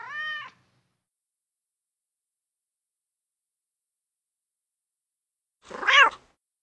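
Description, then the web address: Domestic cat giving one short, tonal meow at the start, then silence and a brief, harsher, noisy cry near the end. "cats domestic meowing"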